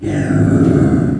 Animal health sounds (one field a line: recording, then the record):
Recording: squeal of a Yucatan mini pig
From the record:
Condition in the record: after surgery on the right vocal fold (resection and tissue-engineered implant)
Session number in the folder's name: 1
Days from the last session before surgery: 13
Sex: female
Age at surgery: 19 weeks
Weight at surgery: 25 kg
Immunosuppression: prednisolone